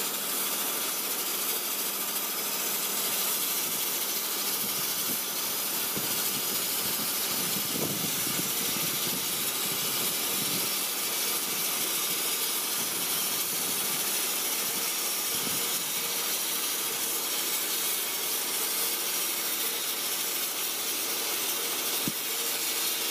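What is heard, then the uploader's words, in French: A mobile sawmill runs without pause, a dense, steady grinding hiss spread across the whole range with a bright, airy top. Slight swells in the lower middle come and go, notably around eight and ten seconds, with a brief sharp tick near twenty-two seconds. Scierie Mobile.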